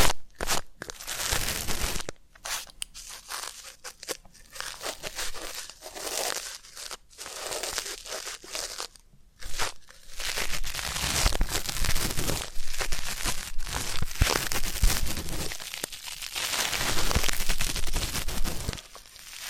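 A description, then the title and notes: Ear-cleaning sounds: dense, crackling scratching and rubbing, with a crinkly, crunchy texture. The first half is broken by brief silent pauses, near 2, 7 and 9 seconds. After about 10 seconds the scraping grows louder and runs on more continuously. ASMR Deep Ear Canal & Eardrum Cleaning (No Talking).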